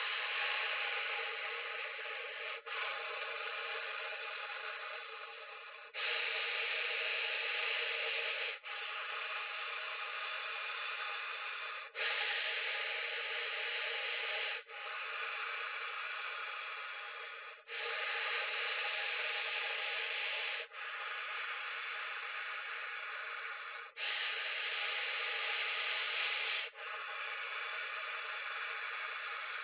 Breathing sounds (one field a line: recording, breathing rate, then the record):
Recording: paced breathing near a phone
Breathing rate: 10 breaths a minute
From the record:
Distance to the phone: 20 cm